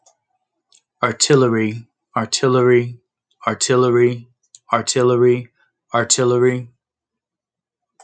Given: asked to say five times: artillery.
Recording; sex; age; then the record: repeated word; male; 30 to 39 years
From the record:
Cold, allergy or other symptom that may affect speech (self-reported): no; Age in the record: 39 years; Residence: Georgia, United States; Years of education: 14